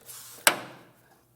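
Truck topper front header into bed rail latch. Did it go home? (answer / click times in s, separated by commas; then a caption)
yes / 0.5 s. The front header of a Fas-top Solo collapsible soft truck topper on a 2025 Chevrolet Silverado 2500 is fitted into the wedge of the passenger-side bed-rail latch and locked in place. Over a faint background hum, a single sharp latching click rings out at 0.5 s and decays over about half a second. The header is seated and latched.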